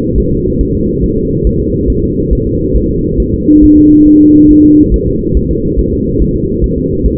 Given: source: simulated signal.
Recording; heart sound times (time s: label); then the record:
fetal heart sounds
0.18 s: S1
0.32 s: S2
0.61 s: S1
0.75 s: S2
1.04 s: S1
1.18 s: S2
1.47 s: S1
1.61 s: S2
1.90 s: S1
2.04 s: S2
2.33 s: S1
2.47 s: S2
2.77 s: S1
2.90 s: S2
3.20 s: S1
3.34 s: S2
3.64 s: S1
3.78 s: S2
4.07 s: S1
4.21 s: S2
4.51 s: S1
4.65 s: S2
4.94 s: S1
5.08 s: S2
5.37 s: S1
5.51 s: S2
5.79 s: S1
5.93 s: S2
6.22 s: S1
6.36 s: S2
6.64 s: S1
6.78 s: S2
7.06 s: S1
From the record:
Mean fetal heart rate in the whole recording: 140 bpm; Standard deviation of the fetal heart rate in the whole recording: 2 bpm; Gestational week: 34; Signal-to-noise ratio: -14.7 dB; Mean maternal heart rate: 72 bpm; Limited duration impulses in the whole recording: present